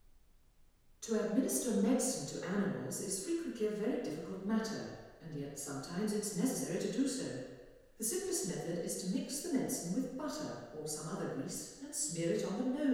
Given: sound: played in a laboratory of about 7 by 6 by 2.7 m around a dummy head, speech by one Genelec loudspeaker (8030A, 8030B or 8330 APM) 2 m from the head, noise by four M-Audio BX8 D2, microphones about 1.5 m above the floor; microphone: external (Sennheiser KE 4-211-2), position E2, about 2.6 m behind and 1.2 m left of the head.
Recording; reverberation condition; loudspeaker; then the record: female speech in English; high; 30 degrees to the right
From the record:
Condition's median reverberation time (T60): about 1300 ms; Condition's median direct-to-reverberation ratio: about -4.0 dB